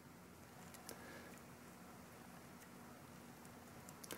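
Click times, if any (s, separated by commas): none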